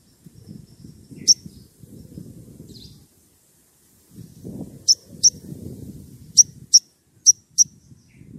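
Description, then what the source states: Oriental magpie-robin sounds crisp, piercing high whistled notes, repeated in pairs and singles, with low background rumble in between. Chatty, vocal magpie-robin whistling, used as a lure to draw other magpie-robins into answering.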